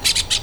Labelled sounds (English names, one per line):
Brown-throated Parakeet contact call